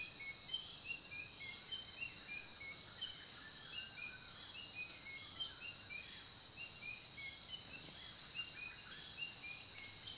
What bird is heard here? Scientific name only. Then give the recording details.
Fraseria griseigularis. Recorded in Kibale, Uganda